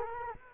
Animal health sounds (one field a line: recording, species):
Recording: mosquito wingbeat signal from an infrared sensor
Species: Culex quinquefasciatus